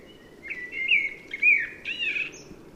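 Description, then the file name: Common blackbird singing a short fluty warble of sliding whistles that ends in a thin, high chattering flourish. "Turdus merula"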